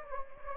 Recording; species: mosquito wingbeat signal from an infrared sensor; Anopheles gambiae